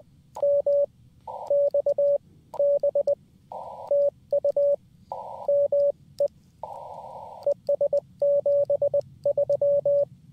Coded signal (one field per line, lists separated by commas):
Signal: Morse code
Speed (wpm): 20 wpm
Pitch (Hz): 560 Hz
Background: none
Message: MXB TU ME ES 73